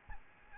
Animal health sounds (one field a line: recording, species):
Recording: mosquito wingbeat signal from an infrared sensor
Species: Aedes albopictus